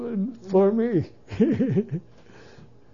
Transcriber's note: he laughs